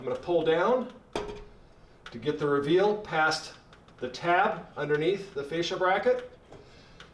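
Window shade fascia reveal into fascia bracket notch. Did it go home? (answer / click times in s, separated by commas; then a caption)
yes / 7.0 s. A window shade's fascia reveal is pulled down past the tab underneath the second fascia bracket while someone talks. At 7.0 s it snaps into the notch in the bracket with a short click, seating the reveal.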